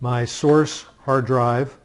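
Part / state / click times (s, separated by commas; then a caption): hard drive into docking station slot / not seated / none. A source hard drive is being handled for a dual-bay SATA docking station, about to be pushed down into the source slot, while someone talks. Only voiced speech is heard, with no click or impact. Nothing has seated or clicked yet.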